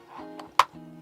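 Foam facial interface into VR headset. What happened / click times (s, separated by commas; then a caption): The plastic part snapped into place / 0.6 s. A foam facial interface is pressed onto an Oculus Quest 2 VR headset, fitted with a Fit Pack interface, over low background music. A faint tick at 0.4 s is followed by one loud, sharp snap at 0.6 s as the interface seats in place.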